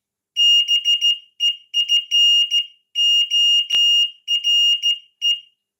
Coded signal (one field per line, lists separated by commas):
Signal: Morse code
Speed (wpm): 14 wpm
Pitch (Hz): 2850 Hz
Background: none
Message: BEFORE